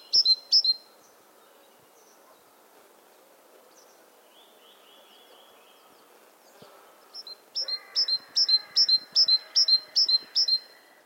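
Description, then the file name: Great tit: a couple of two-note phrases, a long quiet gap with faint notes, then a steady run of repeated high-low ringing phrases. "Parus major"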